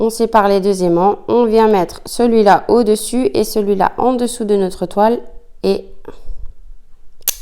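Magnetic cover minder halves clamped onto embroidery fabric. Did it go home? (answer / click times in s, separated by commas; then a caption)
yes / 7.3 s. The two halves of a handmade magnetic cover minder are placed on either side of embroidery fabric, one above and one below, while someone talks. After a few faint handling sounds, the halves snap together through the fabric by themselves with a sharp click at 7.3 s, and they are seated so the minder will hold.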